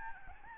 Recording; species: mosquito wingbeat signal from an infrared sensor; Aedes albopictus